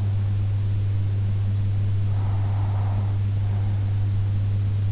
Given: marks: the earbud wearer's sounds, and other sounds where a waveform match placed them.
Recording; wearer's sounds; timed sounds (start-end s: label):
sounds in sleep by an in-ear microphone; breath
1.97-3.97 s: breath